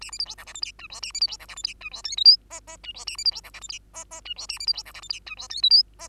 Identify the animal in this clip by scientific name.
Lonchura striata domestica